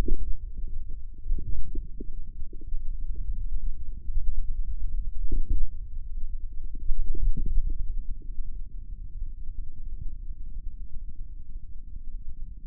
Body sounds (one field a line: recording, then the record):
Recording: forearm muscle sounds (acoustic myography)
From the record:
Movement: inward rotation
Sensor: system 2, bracelet of six BSWA MPA416 microphones around the upper forearm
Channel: 3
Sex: male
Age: 22 years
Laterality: right